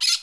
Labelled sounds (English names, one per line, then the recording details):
Brown-throated Parakeet contact call
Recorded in Curacao
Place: Hoffi Jan Thiel
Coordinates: 12.094, -68.877